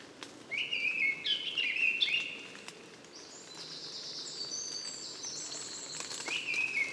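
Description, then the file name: Eurasian blackcap song, a fairly soft run of quick warbled notes and clear high whistles over steady background noise. "Sylvia atricapilla"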